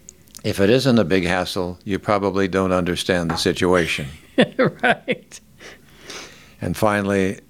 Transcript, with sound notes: If it isn’t a big hassle, you probably don’t understand the situation."
(Chuckling) Right.
And finally,